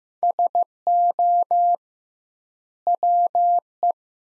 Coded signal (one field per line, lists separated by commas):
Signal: Morse code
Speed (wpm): 15 wpm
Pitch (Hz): 700 Hz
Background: none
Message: SO WE